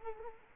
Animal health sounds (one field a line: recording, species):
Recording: mosquito wingbeat signal from an infrared sensor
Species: Culex quinquefasciatus